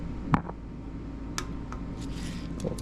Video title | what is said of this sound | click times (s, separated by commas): Drivetrain maintenance on a Breadwinner B-road | little click. | 0.3 s